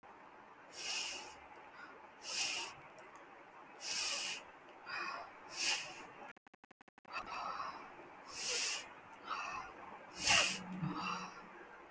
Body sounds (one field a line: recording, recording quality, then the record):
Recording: shallow breathing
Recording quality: excellent, no background noise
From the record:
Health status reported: healthy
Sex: male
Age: 20 years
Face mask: not worn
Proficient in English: yes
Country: India